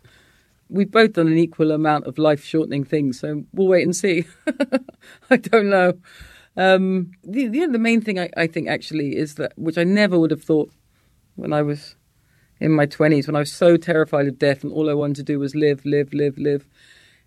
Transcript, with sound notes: We've both done an equal amount of life-shortening things, so we'll wait and see (laughter). I don't know. You know, the main thing, I think, actually, is that - which I never would have thought when I was in my 20s, when I was so terrified of death, and all I wanted to do was live, live, live,